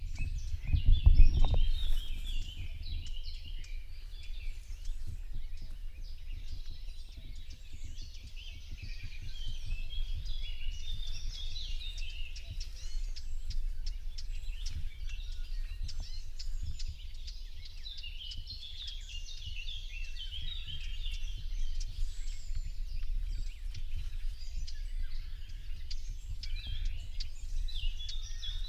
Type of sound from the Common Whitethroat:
call